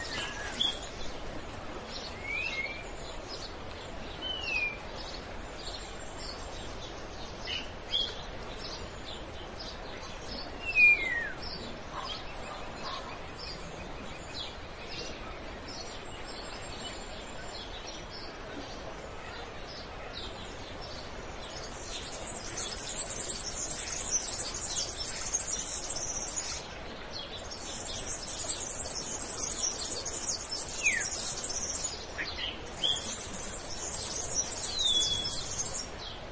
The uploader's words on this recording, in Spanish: Sonido recogido en Láncara. El sonido de los pájaros y del sonido de los arroyos.